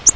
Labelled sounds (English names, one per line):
Virginia's Warbler flight call